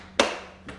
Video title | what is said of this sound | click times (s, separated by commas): ATx RC Addicts Show #1 Eye K Intro (Multicopter Talk and Equipment) | press in and you hear it click. | 0.2 s